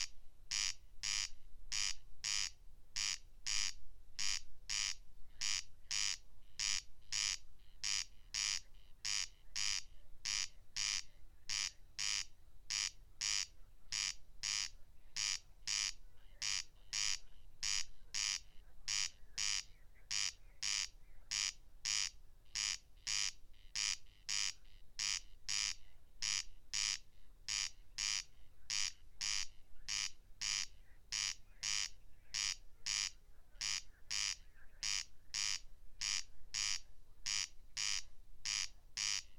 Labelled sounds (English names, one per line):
Corn Crake song